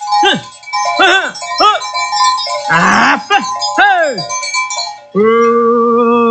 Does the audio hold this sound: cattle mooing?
yes